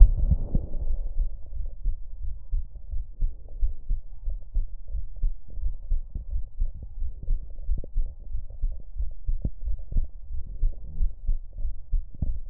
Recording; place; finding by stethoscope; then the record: heart sounds by stethoscope; pulmonary valve (PV); normal heart sounds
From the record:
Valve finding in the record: normal valve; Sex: female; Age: 45 years